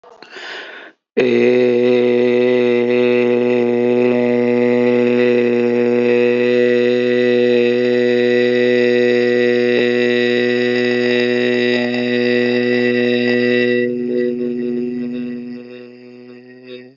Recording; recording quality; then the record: sustained vowel as in made; excellent, no background noise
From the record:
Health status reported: healthy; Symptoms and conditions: none ticked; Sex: male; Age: 28 years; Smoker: not ticked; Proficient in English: yes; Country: India